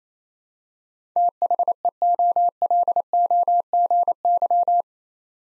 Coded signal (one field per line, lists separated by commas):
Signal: Morse code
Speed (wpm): 28 wpm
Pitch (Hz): 700 Hz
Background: none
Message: THEOLOGY